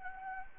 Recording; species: mosquito wingbeat signal from an infrared sensor; Anopheles gambiae